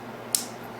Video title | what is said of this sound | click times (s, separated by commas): How to make feeder wires for shelf Model Railroads | and it just snaps right in. | 0.3 s